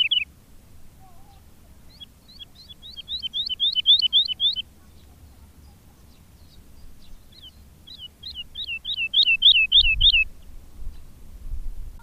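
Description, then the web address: Woodlark song: two phrases, each opening with sparse soft notes and accelerating into a rapid series of falling, melodious whistles. "agykontroll Madardalok Cd 2. Erdei pacsirta"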